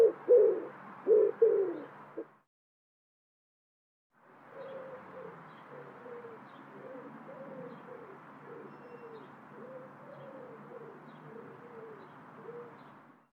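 Bird cooing, a few loud low coos at first, a brief silence, then a longer, softer run of quick repeated coos over faint background hiss.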